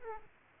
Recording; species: mosquito wingbeat signal from an infrared sensor; Aedes aegypti